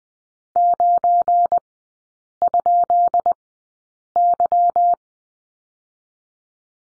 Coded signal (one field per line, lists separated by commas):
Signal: Morse code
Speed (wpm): 20 wpm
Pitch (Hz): 700 Hz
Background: none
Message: 9?Y